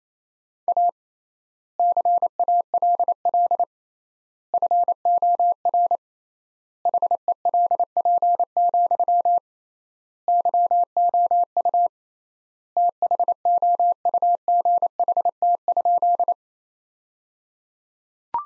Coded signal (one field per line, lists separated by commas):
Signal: Morse code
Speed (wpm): 28 wpm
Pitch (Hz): 700 Hz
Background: none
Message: A CALL FOR HELP, YOU THOUGHT?